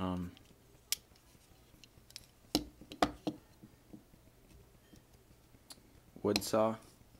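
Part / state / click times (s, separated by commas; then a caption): folding saw blade locking into multitool handle / not seated / none. Someone talks while handling the wood saw blade of a stainless steel Leatherman Wave multitool, opening the folding saw toward its lock in the handle, with several short, sharp ticks around 0.9, 2.6 and 3.0 seconds. The blade has not locked into place yet; nothing has seated or clicked home.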